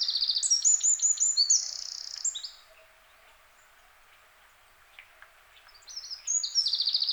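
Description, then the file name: Eurasian wren giving a burst of high rapid trills, then a few seconds of near silence before another loud trilling phrase begins. "Troglodytes troglodytes"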